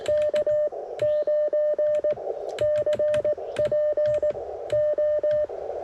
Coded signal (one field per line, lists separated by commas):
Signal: Morse code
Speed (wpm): 19 wpm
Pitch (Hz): 600 Hz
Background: none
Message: K9CPO